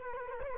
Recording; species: mosquito wingbeat signal from an infrared sensor; Culex quinquefasciatus